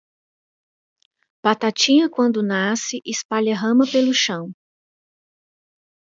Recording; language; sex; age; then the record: short text; Brazilian Portuguese; female; 40 to 49 years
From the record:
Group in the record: control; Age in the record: 43 years